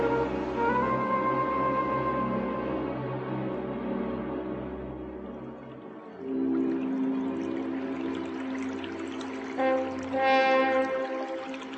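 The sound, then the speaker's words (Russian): Water rushes and pours steadily from a waterfall on a fast river with ice-crusted banks in hard winter frost, a dense hissing wash with ringing tones threaded through it, swelling louder around the middle and again near the end. “Около шумного водопада стоит на камне бурая с белой грудкой птица.”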